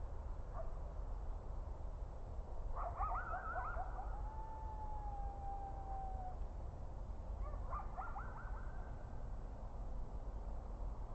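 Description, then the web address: Coyotes calling: a burst of wavering, overlapping yips, then a long, slowly falling howl. A second yipping burst follows, all over steady low background noise. Coyotes on an audio monitor, 30 December 2009, 21:35. "rmaher. coyotes"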